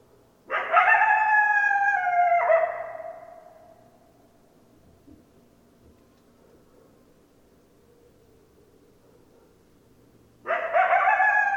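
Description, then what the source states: Coyote calls: a loud harmonic call that drops in steps and fades, then several quiet seconds before another call begins. Coyotes; recorded 10 December 2012.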